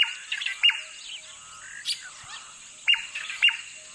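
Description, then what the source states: Crimson-breasted Shrike calls: sharp, clipped notes and short bursts in small clusters, over a steady high background hum. Recorded in the Kalahari during the day; the call is described as distinctive, 'the sound of the Kalahari'.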